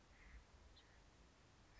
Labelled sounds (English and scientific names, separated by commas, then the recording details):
House Finch (Haemorhous mexicanus)
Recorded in Sonoma County, California